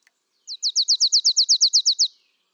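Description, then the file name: Marsh tit producing one rapid string of roughly twelve clear, high downslurred notes, delivered at an even rhythm over about one and a half seconds. "Poecile palustris"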